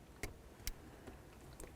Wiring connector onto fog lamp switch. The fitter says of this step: Go ahead and line up those areas and click it in.